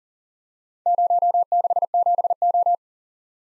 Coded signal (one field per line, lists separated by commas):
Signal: Morse code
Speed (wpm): 44 wpm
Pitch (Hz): 700 Hz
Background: none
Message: 067O